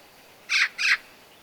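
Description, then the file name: Eurasian magpie calling two harsh, raspy chacks in quick succession. "Pica pica"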